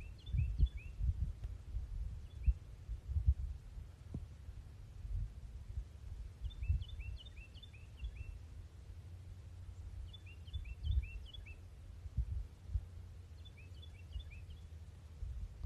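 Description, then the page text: Carolina wren song: quick rolling phrases of repeated slurred notes in several short bursts, over a constant low rumble with occasional thumps. Maryland. "Carolina Wren by Josh Emm"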